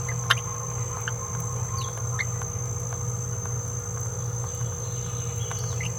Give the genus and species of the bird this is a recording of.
Forpus passerinus